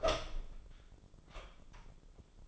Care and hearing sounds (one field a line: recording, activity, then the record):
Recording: daily activity, microphone in the room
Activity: open door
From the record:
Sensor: 5